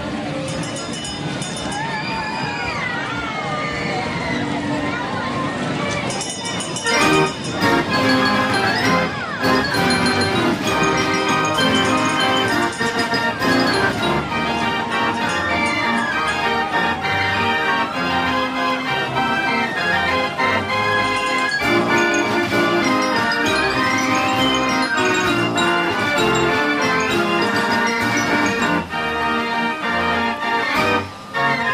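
Fairground sounds, loud and densely layered throughout. The first seven seconds carry swooping, gliding tones over a low thump, then a louder, pounding music-like beat with shrill tones and voices takes over and holds steady, dipping briefly near the end.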